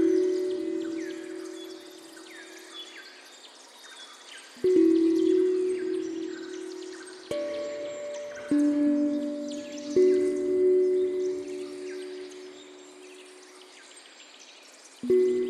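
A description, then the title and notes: Low ringing pan drum notes struck every few seconds, each sustaining and fading, over a steady bed of bright chirping birds. Pan Drum with Bird Sounds.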